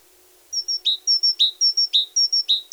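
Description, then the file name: Great tit song: a high whistled phrase of two thin notes followed by a lower downslurred note, repeated rhythmically about four times. "Parus major"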